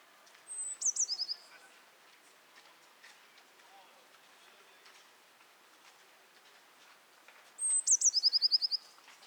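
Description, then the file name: Eurasian blue tit singing twice, about seven seconds apart, each phrase a high thin note followed by a quick, slightly lower trill; quiet stretch between phrases. "Cyanistes caeruleus"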